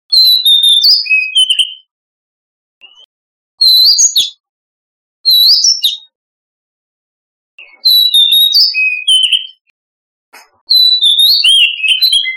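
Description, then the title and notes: Oriental magpie-robin song in loud bursts of whistled, slurred notes with high squeaky overtones, repeated every few seconds with silent gaps. "Kicau Burung Kacer"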